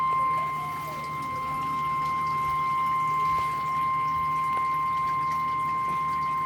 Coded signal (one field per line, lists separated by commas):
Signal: Emergency Alert System (SAME) tones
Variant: 1050 Hz attention tone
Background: speech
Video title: EAS/NWR Alert or message #571: LWX SVR